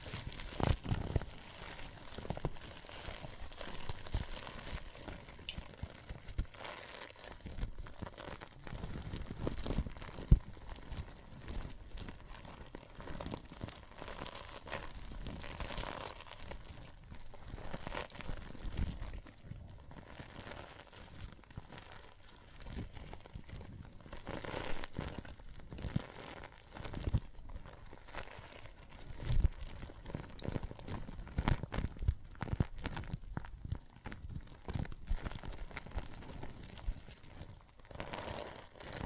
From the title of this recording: Water and Soap Foam Sounds